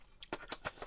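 A plastic wing of a Hasbro TVC Darth Vader's TIE Fighter toy is pushed onto the ship's main body (fuselage). A few short plastic taps and scrapes lead to a sharp click at 0.7 s as the wing seats in place. A faint tap follows.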